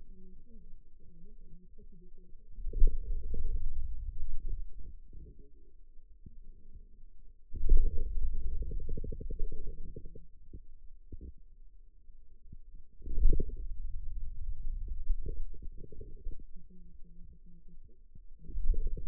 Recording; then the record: forearm muscle sounds (acoustic myography)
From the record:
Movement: hand closing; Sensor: system 2, bracelet of six BSWA MPA416 microphones around the upper forearm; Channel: 3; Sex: male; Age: 22 years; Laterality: right